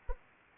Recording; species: mosquito wingbeat signal from an infrared sensor; Anopheles arabiensis